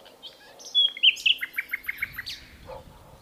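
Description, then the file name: Common nightingale song: a pure whistle, sliding notes, then a fast run of repeated chirps. "Luscinia megarhynchos"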